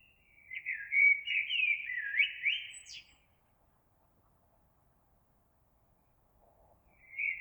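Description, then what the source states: Eurasian blackbird song: a melodious warbled phrase with a high squeak at its close, then quiet, then the next phrase starting. Recorded 26 April 2022.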